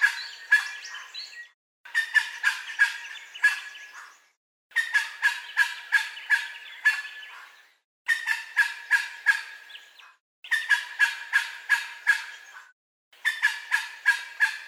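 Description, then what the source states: Bird call sequence: harsh rattling notes delivered in quick bursts of several, each burst lasting two to three seconds with short silent gaps between. Call sequence recorded at Lithgow in stereo.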